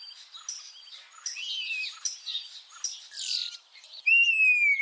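Common starling song: scratchy high chatter and squeaks, ending in a loud, clear, descending whistle.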